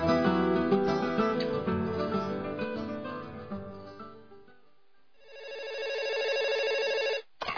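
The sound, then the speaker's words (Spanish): A short tonal jingle plays and fades out, then a telephone rings with a steady, buzzy electronic trill for about two seconds before cutting off abruptly. “Esta es la línea del teléfono amigo.”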